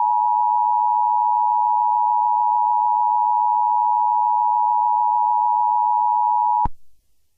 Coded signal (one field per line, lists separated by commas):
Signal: Emergency Alert System (SAME) tones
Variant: 853 and 960 Hz attention tone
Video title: EAS Scenario #34: The Wrath of Dio Brando